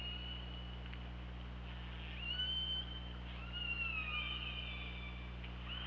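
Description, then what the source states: Killer whale calls: long tonal squeals sliding down and then level, with higher harmonics, two main calls over a steady low hum and faint clicks. Recorded on the OrcaLab hydrophone, 24 August 2017 at 08:08.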